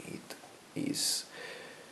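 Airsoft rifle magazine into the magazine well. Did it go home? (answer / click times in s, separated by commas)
yes / 0.3 s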